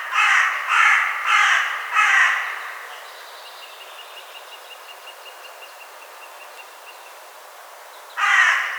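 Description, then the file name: Carrion crow cawing four times in quick harsh succession, then a pause before one more loud caw at the end. "Corvus corone"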